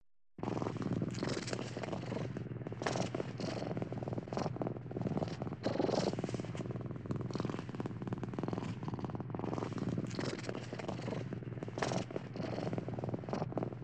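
Cat purring, a continuous low rumbling hum with rhythmic breathing pulses throughout.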